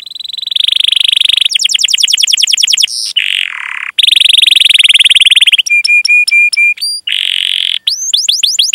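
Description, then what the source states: Canary song changing tours quickly: rapid trills, a low dipping roll, sharp metallic chips and swooping slurred notes in a continuous, varied stream. Singing energetically (gacor) with elaborate song phrases (cengkok, isian), in the style of Indonesian songbird keeping (kicaumania).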